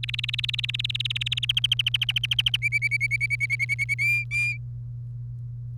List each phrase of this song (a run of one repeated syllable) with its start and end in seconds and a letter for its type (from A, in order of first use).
0.03-1.52 A, 1.57-2.57 B, 2.62-3.94 C, 3.99-4.57 D